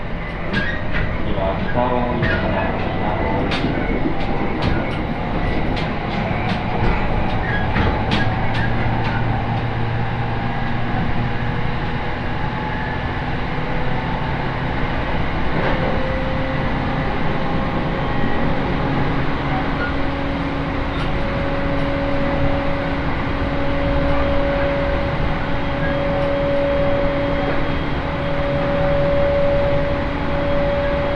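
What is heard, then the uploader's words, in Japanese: A train runs steadily along the line, with rapid rail clicks in the first ten seconds and a rising motor whine later. 耳で楽しむ鉄道旅 奥羽本線 新庄→東根。新庄からは山形新幹線と同じ線路を走るので、車体が新幹線基準の少し広い車体になります。さすがに豪雪地帯を進むだけあり、この時期の積雪としてはそれほどではないというものの辺り一面真っ白です。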